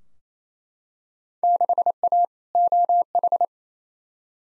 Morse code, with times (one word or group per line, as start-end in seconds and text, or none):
1.4-2.2 6A
2.5-3.5 OH